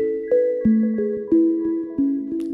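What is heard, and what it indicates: Steady high ringing tones persist under stepping lower notes, a simulation of tinnitus: ringing that won't go away, that covering the ears doesn't help, and that is generated inside the brain.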